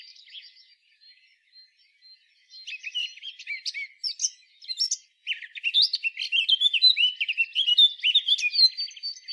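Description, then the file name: Eurasian blackcap song starting with soft, scattered high notes, then swelling after a few seconds into a rich, rapid, varied warble. "Sylvia atricapilla"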